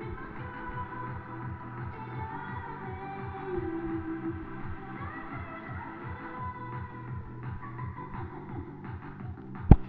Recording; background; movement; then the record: deep breathing; music; sitting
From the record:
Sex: male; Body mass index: 23.7 kg/m2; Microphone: on the chest, facing the body